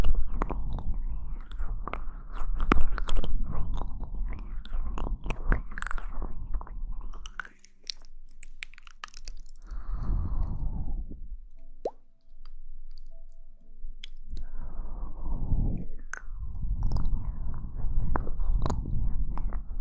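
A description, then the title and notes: Wet mouth sounds and chewing fill the clip, with dense clicks, smacks and crunchy bites packed tightly in the first seven seconds. A quieter stretch follows with a few isolated clicks, broken by short bursts of chewing around ten and fifteen seconds before steady munching returns. Mouth Sounds.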